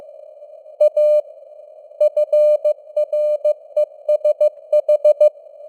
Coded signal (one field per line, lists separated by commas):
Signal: Morse code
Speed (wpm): 15 wpm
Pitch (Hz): 600 Hz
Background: none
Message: A FRESH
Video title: Morse Code News | 2026-01-02 | 15wpm